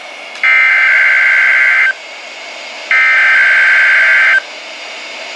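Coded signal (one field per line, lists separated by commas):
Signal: Emergency Alert System (SAME) tones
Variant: header bursts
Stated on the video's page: NOAA Weather Radio required weekly test, received on a WR120EZ weather radio.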